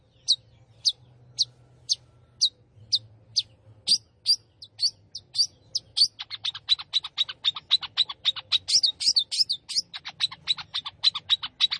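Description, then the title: Long-tailed shrike song opening with sharp single notes spaced about half a second apart, then breaking into a fast, buzzy chattering run of rapid notes. Singing lively, described with the Indonesian term gacor. "Cendet Gacor"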